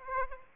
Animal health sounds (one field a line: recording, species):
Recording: mosquito wingbeat signal from an infrared sensor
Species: Aedes aegypti